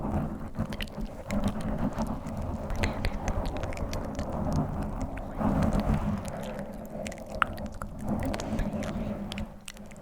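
Scratching on a microphone makes a dense, rustling rumble that stays low and thick throughout, swelling around the middle and again near eight seconds. Sharp little clicks and taps break through often, with faint breathy whisper-like hiss above, words never distinct.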